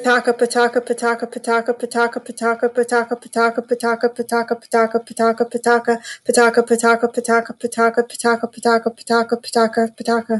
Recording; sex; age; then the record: repeated syllables /pa ta ka/; female; 40 to 49 years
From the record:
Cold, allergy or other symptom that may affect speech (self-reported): no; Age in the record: 48 years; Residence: Louisiana, United States